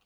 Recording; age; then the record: pig call; piglet (1 to 25 days)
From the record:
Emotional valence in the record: positive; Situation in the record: reunion after long isolation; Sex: female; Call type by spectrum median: high-frequency call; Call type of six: low-frequency tonal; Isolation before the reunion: 8 minutes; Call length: 0.06 s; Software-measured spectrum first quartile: 1507 Hz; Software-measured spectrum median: 2970 Hz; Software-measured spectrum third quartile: 6347 Hz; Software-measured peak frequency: 2799 Hz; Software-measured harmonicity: 0.3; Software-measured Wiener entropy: -1.22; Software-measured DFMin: 587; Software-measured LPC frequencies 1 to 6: 857, 1226, 2661, 2926, 3701, 4409 Hz